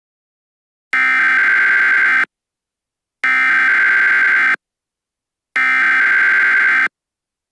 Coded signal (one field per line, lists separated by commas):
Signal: Emergency Alert System (SAME) tones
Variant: header bursts